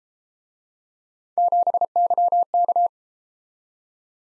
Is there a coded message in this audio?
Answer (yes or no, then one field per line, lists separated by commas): yes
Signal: Morse code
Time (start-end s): 1.4-2.9 s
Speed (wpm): 32 wpm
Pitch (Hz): 700 Hz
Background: none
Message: 7YK